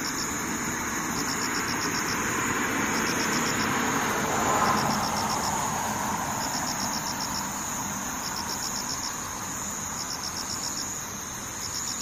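Insects sing in high, buzzy pulsed bursts that repeat roughly every one to two seconds over a thin, steady high whine. Underneath, a constant low rumble of traffic persists, swelling briefly around the middle as a vehicle passes.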